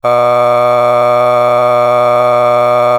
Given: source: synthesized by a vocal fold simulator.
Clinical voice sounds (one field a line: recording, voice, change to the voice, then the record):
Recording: sustained vowel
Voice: male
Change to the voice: a random mix of aspiration noise, stiffness perturbation and strain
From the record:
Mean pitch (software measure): 122 Hz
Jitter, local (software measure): 0.82%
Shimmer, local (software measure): 4.0%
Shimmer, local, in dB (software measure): 0.35 dB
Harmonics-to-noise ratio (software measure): 17.7 dB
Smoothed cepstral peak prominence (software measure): 18.4 dB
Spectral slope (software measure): -15.5 dB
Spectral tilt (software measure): -9.9 dB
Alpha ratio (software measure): -5.9 dB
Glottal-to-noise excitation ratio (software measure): 0.964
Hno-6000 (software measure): 2.1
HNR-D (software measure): 28.6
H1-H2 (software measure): 2.3 dB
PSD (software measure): 7.1e-05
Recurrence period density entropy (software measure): 0.111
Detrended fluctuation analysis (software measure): 0.0321